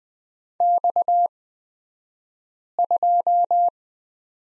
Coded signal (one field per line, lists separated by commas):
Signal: Morse code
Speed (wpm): 20 wpm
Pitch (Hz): 700 Hz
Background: none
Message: X2